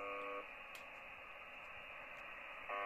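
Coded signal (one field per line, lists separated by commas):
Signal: channel marker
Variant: UVB-76 (The Buzzer)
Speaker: and now back to the original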